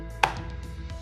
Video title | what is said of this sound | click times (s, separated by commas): [HowTo] Unboxing of the Evenflo Shyft DualRide - Available at Dear-Born Baby | the slots on the side of the anti-rebound base push down until you hear a click | 0.2 s